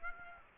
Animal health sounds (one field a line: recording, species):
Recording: mosquito wingbeat signal from an infrared sensor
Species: Aedes aegypti